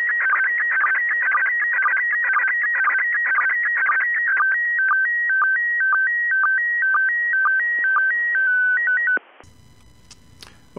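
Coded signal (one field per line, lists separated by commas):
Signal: SSTV (slow-scan television)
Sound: warbling stepped tone with rapid regular low chirps, then abrupt cutoff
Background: brief noise at end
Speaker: that audio that you just heard should be able to decode that photograph that we just watched download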